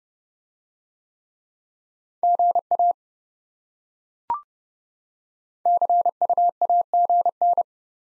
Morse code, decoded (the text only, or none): GA CUAGN